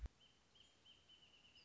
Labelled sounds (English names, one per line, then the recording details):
Wrentit
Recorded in Sonoma County, California